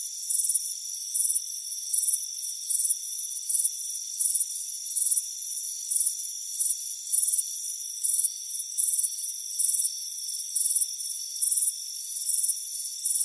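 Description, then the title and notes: High crickets chirping in regular pulsed bursts, with a constant thin whine of other insects throughout. Crickets chirping on a warm afternoon on a front porch. "Soothing Crickets Chirping Sound. It's a warm afternoon as you relax in a hammock on the front porch. Relax and fall asleep to the soothing sound of chirping crickets. Deep Sleep Sounds"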